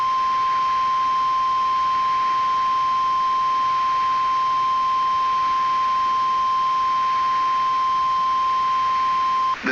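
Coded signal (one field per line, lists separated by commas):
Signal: Emergency Alert System (SAME) tones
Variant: 1050 Hz attention tone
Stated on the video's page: Fictional recreated mock alert with SAME tones for a squall.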